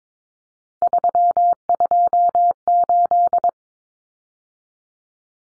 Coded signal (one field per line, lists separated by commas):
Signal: Morse code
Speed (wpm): 22 wpm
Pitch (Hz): 700 Hz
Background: none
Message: 328